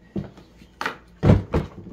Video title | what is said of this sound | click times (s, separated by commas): HUSKY STACKABLE CASE, WATER TIGHT OVERLAND CASE? | there they are snapped into place | 0.8 s